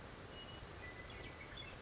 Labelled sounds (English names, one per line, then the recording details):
Western Meadowlark
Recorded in Sonoma County, California